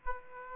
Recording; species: mosquito wingbeat signal from an infrared sensor; Aedes aegypti